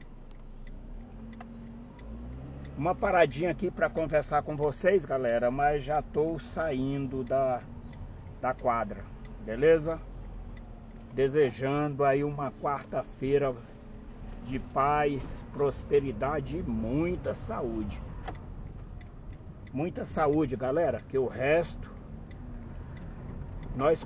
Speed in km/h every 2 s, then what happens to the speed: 0, 8, 8, 10, 9, 7, 10, 13, 15, 12, 10, 12.
0-5 pulls away to 10. 5-11 steady at about 9. 11-15 speeds up to 15. 15-24 steady at about 12.